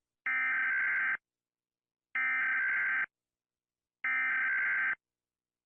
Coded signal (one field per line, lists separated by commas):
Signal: Emergency Alert System (SAME) tones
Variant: header bursts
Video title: Rating EAS Alarms because why not